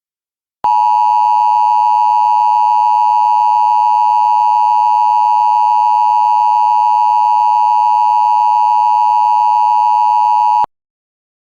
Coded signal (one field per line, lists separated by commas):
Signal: Emergency Alert System (SAME) tones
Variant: 853 and 960 Hz attention tone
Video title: EAS: A Realistic Nuclear Attack Scenario